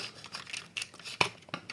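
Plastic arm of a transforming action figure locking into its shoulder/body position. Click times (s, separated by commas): 1.2 s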